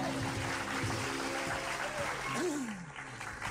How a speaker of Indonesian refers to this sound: Tepuk tangan.